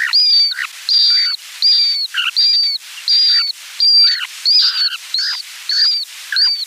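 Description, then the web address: Dunlin calling steadily: about ten short, rasping high notes in under seven seconds, each clipped and buzzy, with a fairly regular rhythm. "Schulze Peter Dunlin"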